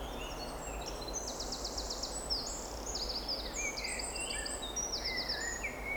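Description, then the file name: Eurasian wren song: a rapid outpouring of high trills and sharp notes, with fast rattling runs and varied whistled phrases in quick succession, against a faint background hiss. "Troglodytes troglodytes"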